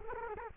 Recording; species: mosquito wingbeat signal from an infrared sensor; Culex quinquefasciatus